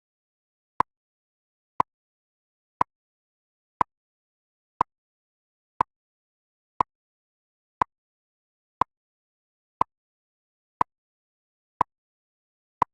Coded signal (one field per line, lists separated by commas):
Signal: radio time signal